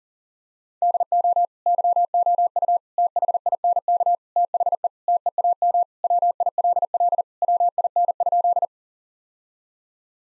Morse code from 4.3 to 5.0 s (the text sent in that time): THE